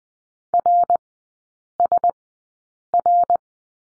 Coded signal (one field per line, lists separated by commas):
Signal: Morse code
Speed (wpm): 20 wpm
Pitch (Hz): 700 Hz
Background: none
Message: RSR